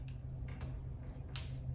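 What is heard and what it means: A rubber spark plug wire boot is pushed onto the spark plug terminal of a lawn mower engine after the ignition coil was replaced. A few faint ticks and rustles come first, then one sharp, solid click at 1.4 s as the boot snaps home and is seated.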